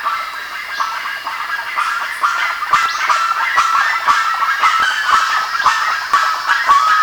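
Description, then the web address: Bird calls, a chatter of honking notes, becoming louder and busier in the second half. "BIRD 2015 SABIOD 50 bird 2015"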